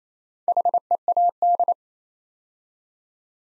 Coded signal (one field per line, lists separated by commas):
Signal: Morse code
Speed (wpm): 28 wpm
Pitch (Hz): 700 Hz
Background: none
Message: HEAD